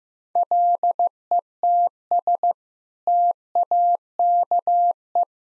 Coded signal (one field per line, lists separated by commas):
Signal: Morse code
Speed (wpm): 15 wpm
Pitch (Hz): 700 Hz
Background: none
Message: LETS TAKE